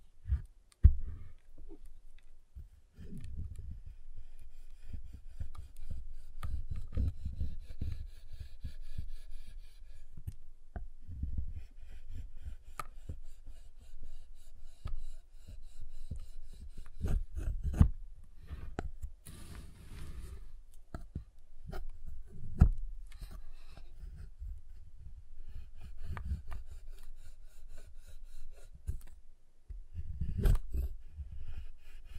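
Tapping, cutting and snapping on a giant chocolate bar, with irregular low thuds, sharp cracks near 1, 18, 23 and 31 seconds, and scraping.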